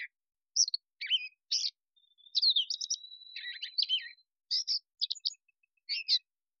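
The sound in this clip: Catbird's rambling run of squeaky, chattering and twittering notes, one dense burst mid-way, with a faint steady high tone under the middle part.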